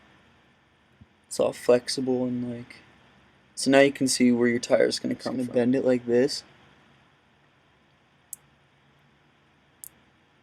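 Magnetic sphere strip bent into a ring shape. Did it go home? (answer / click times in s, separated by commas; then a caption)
yes / 8.3 s, 9.8 s. Someone talks while a flexible strip of small magnetic spheres is bent into a ring shape to form a wheel. Two sharp clicks follow at 8.3 s and 9.8 s as the balls snap into place against each other, seating the ring.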